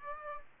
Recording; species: mosquito wingbeat signal from an infrared sensor; Aedes aegypti